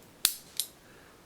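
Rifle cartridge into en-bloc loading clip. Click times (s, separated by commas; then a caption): 0.2 s. A rifle cartridge is pushed into a steel en-bloc loading clip for a Carcano Mannlicher rifle and snaps home with a sharp, bright click at 0.3 s, followed by a second, softer click at 0.6 s. The cartridge is seated in the clip.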